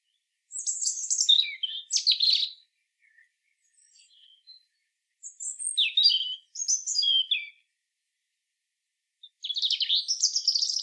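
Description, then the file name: European robin song in short, high, twittering phrases mixing thin whistles and rapid trills, separated by silent gaps, with a few faint soft notes between. "Erithacus rubecula"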